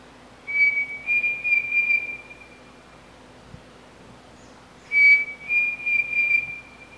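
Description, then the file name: Pavonine Cuckoo repeating its phrase twice, a few seconds apart: a short whistle leading into a longer warbling, pulsed whistle each time. "canto do peixe frito pavonino"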